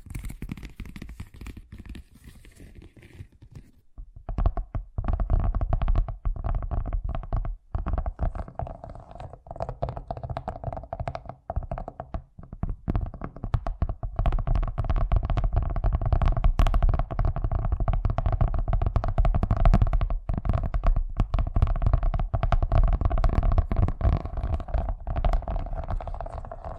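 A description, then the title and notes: Fast tapping starts after a quiet few seconds, then runs dense and rapid over a low rumbling undertone with brief pauses. ASMR Braingasm Inducing Fast Tapping (No Talking).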